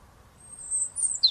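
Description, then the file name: European robin song fragment, a very high thin drawn-out whistle sliding upward, then a short lower twittering note. "Erithacus rubecula"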